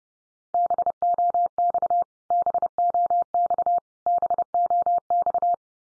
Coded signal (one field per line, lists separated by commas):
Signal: Morse code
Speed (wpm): 30 wpm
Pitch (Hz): 700 Hz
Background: none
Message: BOX BOX BOX